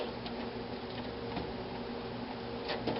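A loaded plastic drive tray is slid back along the tracks of the drive cage in a CM Storm Stryker case, heard as a few faint scrapes and soft taps over a steady low hum. Nothing has seated or clicked yet; the tray is still being handled and has not gone home.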